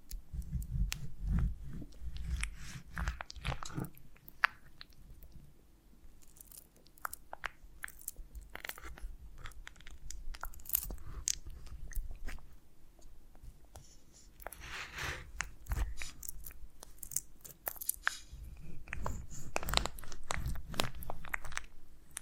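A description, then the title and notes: Honeycomb on a branch is bitten and chewed in sticky, wet crunches, with bursts of crackling around 1–4 seconds, again near 15 and 19–21 seconds. Between bites come quieter smacking and soft clicks over a low, steady rumble. ASMR of a Honeycomb on Branch (No Talking).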